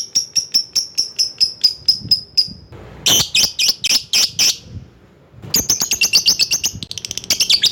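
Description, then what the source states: Lovebird giving a run of evenly spaced high chirps, then harsh shrill bursts, then a fast run of shrill notes. Lovebird calling a rival.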